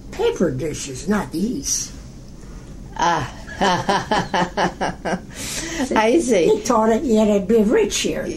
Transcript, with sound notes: Paper dishes, not these.
Ah! (laughs) I see!
He thought you had to be rich here!